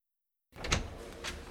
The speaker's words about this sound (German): Die Tür mache ich zu.